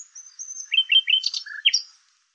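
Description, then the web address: Bird song: one short warbled phrase of quick whistled slurs and chirps, a few notes dipping lower before a final high squeak. "cianscape birddata Deverinetal 2025 Bird Lu Me Lu Me"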